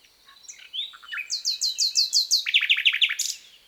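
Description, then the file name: Common nightingale song: soft whistles lead into a long series of repeated bright chirps, dropping lower midway and continuing rhythmically to the end. "Luscinia megarhynchos"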